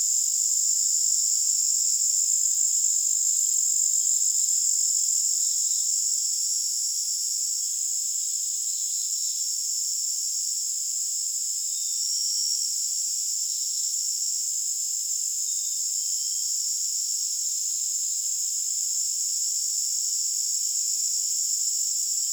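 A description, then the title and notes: A night scene outdoors, filled with a dense, steady wall of high-pitched insect trilling, like crickets, with nothing low underneath. The chorus holds nearly constant for the whole stretch, slightly louder in the first few seconds, with faint brief chirps flickering through it. Nature Night on the Porch.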